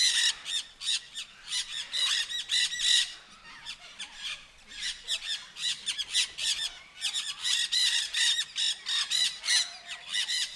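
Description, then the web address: Sulphur-crested cockatoo giving raucous, grating screeches in rapid uneven series, nearly continuous for ten seconds with brief pauses. Captive bird at a zoo in Nyíregyháza, recorded in 2019 with the recorder left beside it. "sargabobitas kakadu otthagytukafelvevot nyiregyhaza"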